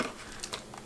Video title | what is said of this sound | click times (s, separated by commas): Dirt devil power stick unboxing - review | it here yeah you can see you can hear that click sound | 0.4 s, 0.5 s